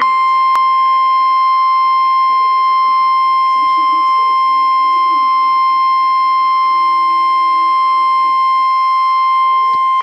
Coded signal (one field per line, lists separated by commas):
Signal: Emergency Alert System (SAME) tones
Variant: 1050 Hz attention tone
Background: speech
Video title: Tornado Warning (EAS #83)